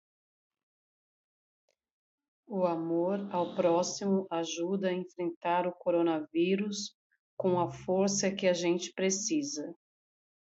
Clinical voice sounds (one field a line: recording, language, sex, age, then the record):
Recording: spoken sentence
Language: Brazilian Portuguese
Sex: female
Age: 40 to 49 years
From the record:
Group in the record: control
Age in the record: 48 years